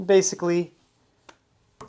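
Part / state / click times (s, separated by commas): magnetic ring grip clip onto the back of a phone case / seated / 1.3 s, 1.8 s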